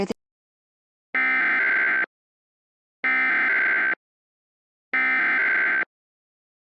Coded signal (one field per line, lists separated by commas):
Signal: Emergency Alert System (SAME) tones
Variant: header bursts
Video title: The Vortex (EAS Scenario)